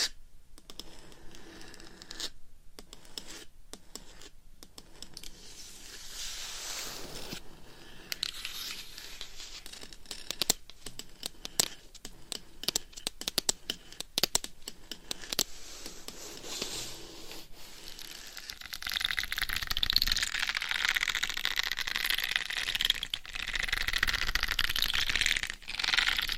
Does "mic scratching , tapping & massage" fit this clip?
yes